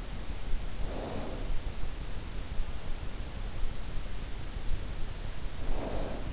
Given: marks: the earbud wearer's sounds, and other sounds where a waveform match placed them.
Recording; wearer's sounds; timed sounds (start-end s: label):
sounds in sleep by an in-ear microphone; snoring breath
0.76-1.56 s: snoring breath
5.53-6.33 s: snoring breath